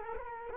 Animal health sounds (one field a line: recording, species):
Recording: mosquito wingbeat signal from an infrared sensor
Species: Culex quinquefasciatus